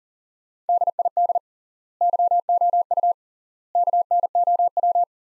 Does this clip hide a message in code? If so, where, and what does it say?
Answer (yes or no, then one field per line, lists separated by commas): yes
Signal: Morse code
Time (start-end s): 0.7-5.0 s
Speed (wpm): 40 wpm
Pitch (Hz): 700 Hz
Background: none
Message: DID YOU KNOW